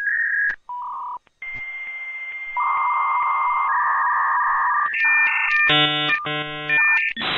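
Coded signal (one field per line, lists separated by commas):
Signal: dial-up modem handshake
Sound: dialing tones, a long high answer tone, warbling and chirping tone bursts, then harsh hiss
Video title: AOL Dial up sound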